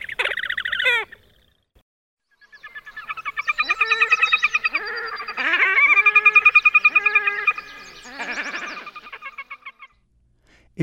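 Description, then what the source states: Grebe calls: raucous braying and squealing phrases and rapid pulsed, whinnying trills, separated by short silences. Mix of pied-billed grebe, horned grebe and red-necked grebe calls; raucous calls from a family of diving birds; three species found commonly in Virginia.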